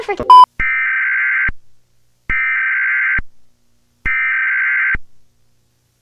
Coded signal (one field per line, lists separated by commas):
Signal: Emergency Alert System (SAME) tones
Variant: header bursts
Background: speech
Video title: Gotham City EAS - Analogue Horror